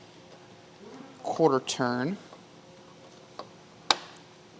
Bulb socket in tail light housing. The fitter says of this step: you'll hear that click and then it'll come right out